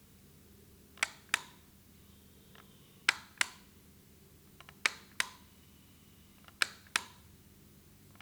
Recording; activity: daily activity, guitar pickup as the sensor; operate light